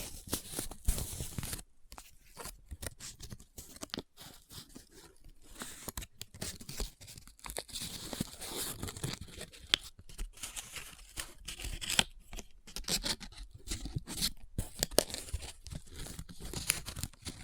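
Paper is handled continuously, crinkling, rubbing and scratching in dense, irregular bursts with brief silent gaps near two and four seconds. The rustle is bright and crisp, with sharper snaps and crackles scattered throughout and a few louder peaks around twelve and fifteen seconds.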